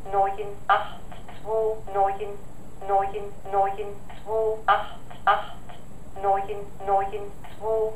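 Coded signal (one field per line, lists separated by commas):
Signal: numbers station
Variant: German female machine voice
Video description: Here's the actual machine behind all the various East-German numbers stations.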